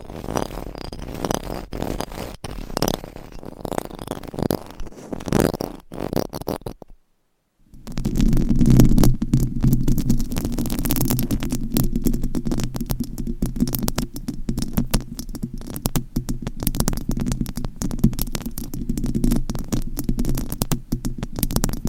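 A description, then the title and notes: Rough microphone scratching in dense bursts, briefly cut to silence near seven seconds, then resuming as a heavier, low, grinding rub. ASMR Mic Scratching - Brain Scratching with 4 Mics Hypnotic Asmr No Talking.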